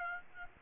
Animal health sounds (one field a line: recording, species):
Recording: mosquito wingbeat signal from an infrared sensor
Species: Aedes aegypti